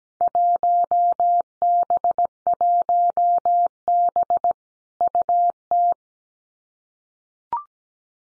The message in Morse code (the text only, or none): 1B1B UT